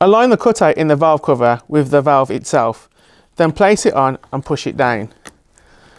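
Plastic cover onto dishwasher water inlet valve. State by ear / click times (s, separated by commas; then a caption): seated / 5.6 s. A plastic valve cover is lined up by its cutout over the water inlet valve of a Siemens dishwasher and pushed down while someone talks. A short, faint click at 5.6 s marks the cover seating into place.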